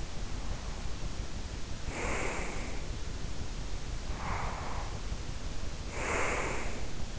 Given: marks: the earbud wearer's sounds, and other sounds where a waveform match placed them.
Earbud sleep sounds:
sounds in sleep by an in-ear microphone; breath
0.00-2.95 s: breath
4.02-6.98 s: breath

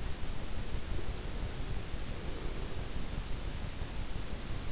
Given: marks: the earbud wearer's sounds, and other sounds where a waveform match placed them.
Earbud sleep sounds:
sounds in sleep by an in-ear microphone; breath
0.94-3.00 s: breath

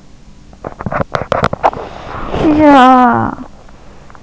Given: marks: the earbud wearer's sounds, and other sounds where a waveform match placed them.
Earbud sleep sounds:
sounds in sleep by an in-ear microphone; teeth grinding, talking in sleep
0.00-2.06 s: teeth grinding
2.06-3.94 s: talking in sleep

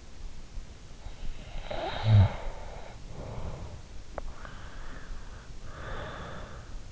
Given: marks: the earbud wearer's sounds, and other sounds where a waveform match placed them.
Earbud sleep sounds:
sounds in sleep by an in-ear microphone; snoring breath, breath
1.09-4.29 s: snoring breath
4.98-6.92 s: breath

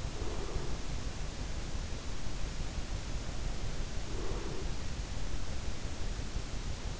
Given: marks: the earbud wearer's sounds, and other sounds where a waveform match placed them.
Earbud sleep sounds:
sounds in sleep by an in-ear microphone; breath
0.00-2.00 s: breath
4.00-5.03 s: breath

